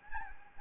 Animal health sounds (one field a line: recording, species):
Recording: mosquito wingbeat signal from an infrared sensor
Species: Anopheles gambiae